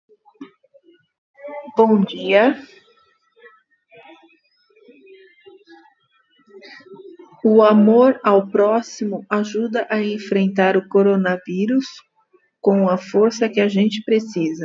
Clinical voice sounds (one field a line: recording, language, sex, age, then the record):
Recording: spoken sentence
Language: Brazilian Portuguese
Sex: female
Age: 50 to 59 years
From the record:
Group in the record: control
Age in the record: 51 years